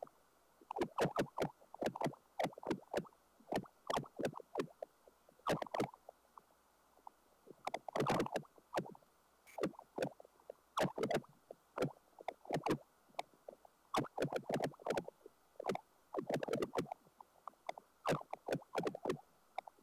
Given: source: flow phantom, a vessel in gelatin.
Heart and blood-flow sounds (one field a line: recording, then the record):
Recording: Doppler ultrasound of air bubbles in flowing water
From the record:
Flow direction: towards the transducer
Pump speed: 200 rpm (720 mL/min)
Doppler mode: pulsed wave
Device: 7 MHz transducer